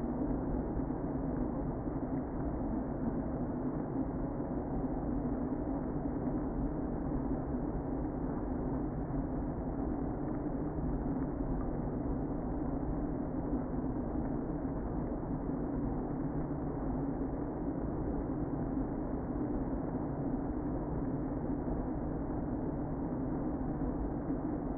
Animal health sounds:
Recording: honeybee colony, microphone inside the hive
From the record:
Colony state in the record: queen present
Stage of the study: before two queens were removed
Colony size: about 60,000 bees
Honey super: yes

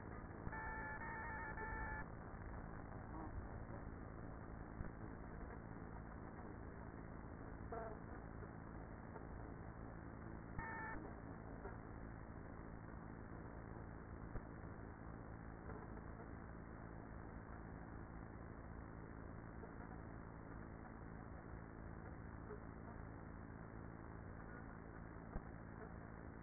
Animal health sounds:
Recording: honeybee colony, microphone inside the hive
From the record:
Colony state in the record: queenless with a low population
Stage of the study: after two queens were removed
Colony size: about 30,000 bees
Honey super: no

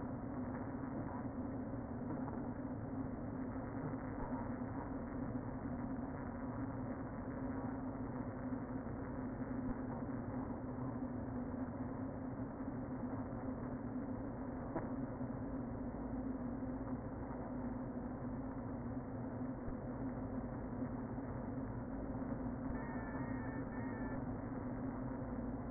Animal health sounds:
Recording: honeybee colony, microphone inside the hive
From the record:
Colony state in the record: queen present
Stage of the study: before two queens were removed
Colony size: about 60,000 bees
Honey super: yes

